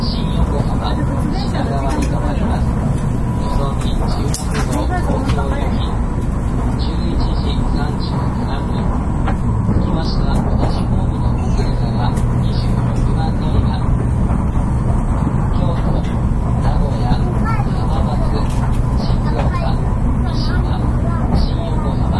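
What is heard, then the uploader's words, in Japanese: Running sound aboard the Shinkansen Sakura between Shin-Kobe and Shin-Osaka: a dense, steady low rumble and roar holds at an even level for the whole stretch. Faint voices murmur underneath, and brief light clicks and rattles surface now and then over the constant drone. 新幹線さくら号の走行音です。JR九州車両のN700系で収録。区間は、新神戸到着直前から新大阪到着までです。新幹線さくら号 新神戸から新大阪。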